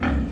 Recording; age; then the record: pig call; growing-finishing pig (85 days or more)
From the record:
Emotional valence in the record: negative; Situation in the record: barren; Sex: female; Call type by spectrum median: low-frequency call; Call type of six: low-frequency modulated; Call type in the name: low-frequency modulated, not sure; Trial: 1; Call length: 0.32 s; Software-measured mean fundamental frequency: 63 Hz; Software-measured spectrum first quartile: 133 Hz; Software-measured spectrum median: 293 Hz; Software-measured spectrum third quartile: 1031 Hz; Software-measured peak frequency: 254 Hz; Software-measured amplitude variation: 89 dB a second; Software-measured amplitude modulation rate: 26.5 a second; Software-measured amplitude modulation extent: 3.4 dB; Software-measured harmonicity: -1.7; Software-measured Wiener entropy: -1.78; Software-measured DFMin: 671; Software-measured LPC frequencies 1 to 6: 1562, 2287, 3197, 4382, 5620, 6694 Hz